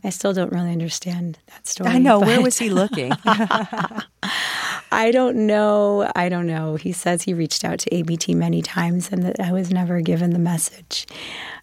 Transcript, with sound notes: I still don't really understand that story.
I know.
But...
Where was he looking?
(LAUGHTER)
I don't know. I don't know. He says he reached out to ABT many times and that I was never given the message.